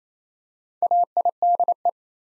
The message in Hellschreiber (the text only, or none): none